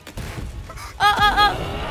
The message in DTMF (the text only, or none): none